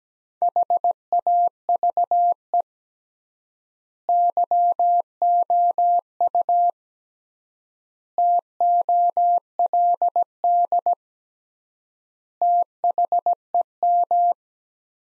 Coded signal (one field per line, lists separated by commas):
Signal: Morse code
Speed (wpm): 17 wpm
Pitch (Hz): 700 Hz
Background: none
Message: HAVE YOU TOLD THEM